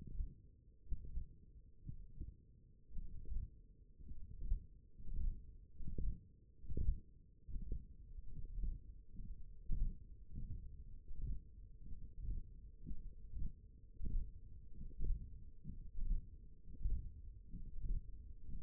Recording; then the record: forearm muscle sounds (acoustic myography)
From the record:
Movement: hook grip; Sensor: system 1, eight BSWA MPA416 microphones around the upper forearm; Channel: 4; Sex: male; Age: 21 years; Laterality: right